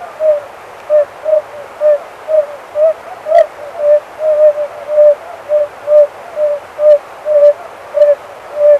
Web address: oriental fire-bellied toad